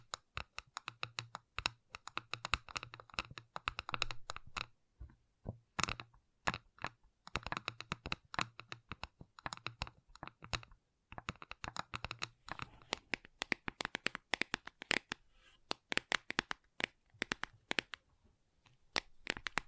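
Gentle tapping comes in quick, irregular clusters of crisp clicks with brief pauses, over a low hum during the first twelve seconds.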